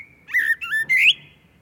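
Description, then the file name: Common blackbird: a thin steady tone, then three loud whistled notes, the last one sweeping upward before fading out. "Turdus merula"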